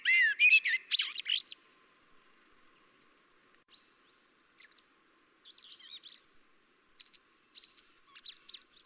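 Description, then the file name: Common blackbird opening with a loud burst of shrill, sweeping chirps, followed by softer scattered thin notes and short twittery bursts after a quieter stretch. "Turdus merula"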